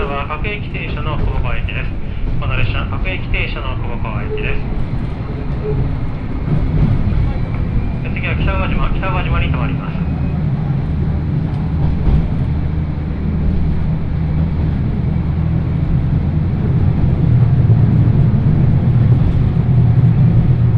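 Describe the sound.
A train ride on the Yodo Line from Uwajima to Chikanaga. A steady low rumble of the moving train runs throughout and grows louder and rougher in the last few seconds. Short bursts of voices speaking come in near the start and around eight to ten seconds.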